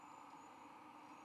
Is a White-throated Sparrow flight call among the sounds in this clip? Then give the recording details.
no. No flight call is heard. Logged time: 23:05 on 22 November 2014